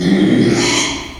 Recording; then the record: squeal of a Yucatan mini pig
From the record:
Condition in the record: after surgery on the right vocal fold (resection and tissue-engineered implant); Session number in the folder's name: 2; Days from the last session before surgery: 13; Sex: male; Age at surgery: 12 weeks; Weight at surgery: 13 kg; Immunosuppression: cyclosporine, prednisolone